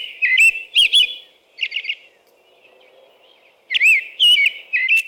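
American robin song: whistled carols, then a short stuttering trill, a quiet pause with faint background hum, and more whistled phrases.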